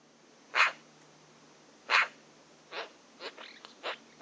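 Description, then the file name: Eurasian magpie giving harsh, rasping calls: two loud bursts over a second apart, then several quieter, shorter rasps. "Pica pica"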